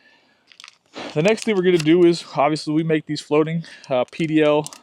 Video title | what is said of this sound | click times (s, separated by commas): First Things I Do Before Hitting the Water with Any Old Town PDL | hopefully you heard that click | 0.6 s